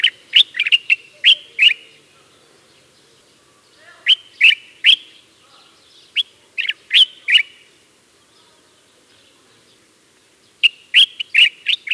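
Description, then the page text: Common bulbul singing bubbly, chirping phrases of several bright whistled notes, in bursts separated by short pauses, over a quiet background. "Common Bulbul Song. Quick Sounds"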